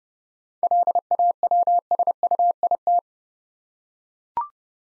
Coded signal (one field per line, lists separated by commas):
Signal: Morse code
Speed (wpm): 30 wpm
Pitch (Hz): 700 Hz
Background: none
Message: LAWSUIT